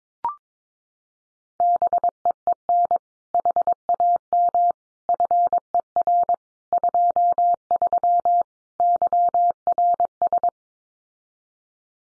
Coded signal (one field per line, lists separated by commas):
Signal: Morse code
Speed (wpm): 22 wpm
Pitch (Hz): 700 Hz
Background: none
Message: BEEN HAM FER 23 YRS